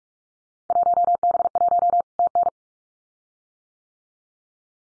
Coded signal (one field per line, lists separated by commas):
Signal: Morse code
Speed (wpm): 46 wpm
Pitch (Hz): 700 Hz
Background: none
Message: 1B1 TN